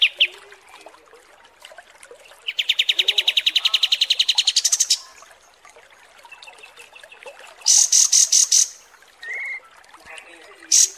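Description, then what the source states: Kapas tembak song: a fast buzzy trill of rapid pulses lasting about two seconds, then a quick burst of five sharp high notes, a short lower whistle and a final high note. Masteran training recording of kapas tembak song, labelled 'mewah'.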